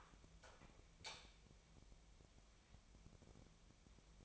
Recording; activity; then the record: daily activity, microphone in the room; light on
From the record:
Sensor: 1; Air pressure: 1000.0 hPa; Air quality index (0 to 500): 128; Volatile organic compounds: 2 ppm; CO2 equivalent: 1214 ppm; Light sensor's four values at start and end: 35/88/37/45 and 38/102/42/50